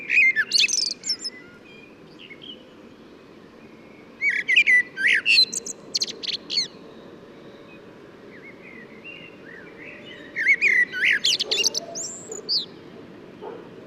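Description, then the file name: Common blackbird song in three bursts of squeaky, high twittering notes with short sliding whistles, separated by pauses of a few seconds over a steady low background hiss. "Turdus merula"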